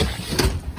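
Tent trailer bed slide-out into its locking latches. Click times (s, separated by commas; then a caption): 0.0 s, 0.4 s. The slide-out bed of a 2019 Clipper 125ST tent trailer is pulled straight back by its strap into its locking latches, with a low rumble underneath. Two latch clicks are heard at 0.0 s and 0.4 s. The bed is locked in place.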